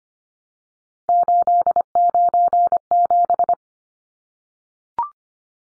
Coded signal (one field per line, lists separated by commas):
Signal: Morse code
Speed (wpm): 25 wpm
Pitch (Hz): 700 Hz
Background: none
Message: 897